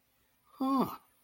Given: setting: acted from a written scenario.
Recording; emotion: vocal sound without words; awe